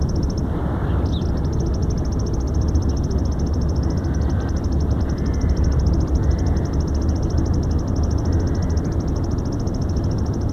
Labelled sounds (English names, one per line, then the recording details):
Graceful Prinia call
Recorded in the wild
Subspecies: palaestinae
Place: IL
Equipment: Halbspur, 9,5 cm/s
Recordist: Lütgens, Hans
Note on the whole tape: Rufe